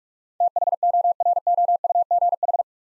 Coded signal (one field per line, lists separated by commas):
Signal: Morse code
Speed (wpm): 43 wpm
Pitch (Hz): 700 Hz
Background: none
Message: THOROUGH